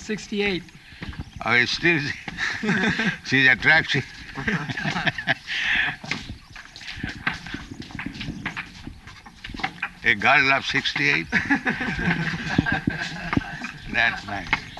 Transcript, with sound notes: Sixty-eight.
Oh, still she is attractive? [laughs] A girl of sixty-eight? That's nice.